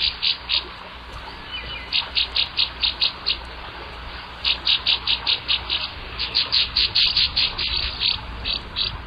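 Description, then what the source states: Northern Rough-winged Swallow calls, short notes given in quick runs with brief pauses between them. Small long-winged songbird, brown back and wings, whitish belly and undertail; catches insects in flight, often close to the ground or surface; played as a radio mystery bird.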